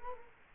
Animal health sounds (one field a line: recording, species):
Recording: mosquito wingbeat signal from an infrared sensor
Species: Culex quinquefasciatus